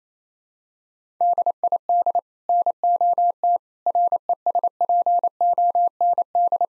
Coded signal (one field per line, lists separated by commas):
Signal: Morse code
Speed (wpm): 28 wpm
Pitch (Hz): 700 Hz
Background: none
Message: DID NOT RESPOND